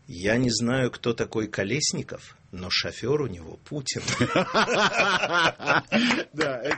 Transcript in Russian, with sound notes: «Я не знаю, кто такой Колесников, но шофер у него – Путин». (все смеются)
Да!